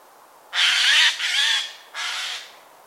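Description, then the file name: Eurasian jay giving three harsh, rasping screeches in quick succession, the last fainter, with quiet background between calls. "Garrulus glandarius"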